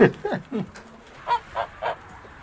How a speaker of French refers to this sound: On a une poule qui a pondu.